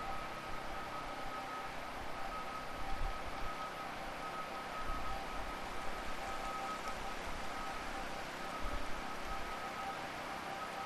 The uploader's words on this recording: A three hour composition for headphones. The piece is tones, grumbles, wa-wa’s, groans, beats and other sounds created through digital signal processing of Niagara Falls.